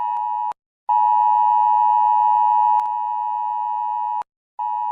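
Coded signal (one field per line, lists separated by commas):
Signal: Emergency Alert System (SAME) tones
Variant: 853 and 960 Hz attention tone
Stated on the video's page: Fictional tsunami EAS scenario, a simulated alert.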